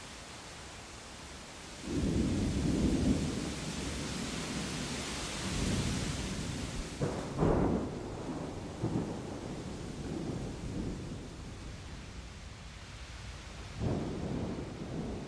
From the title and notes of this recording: Thunderstorm sounds, thunder sounds, rain sounds. Stormy weather sounds, peaceful rain noises.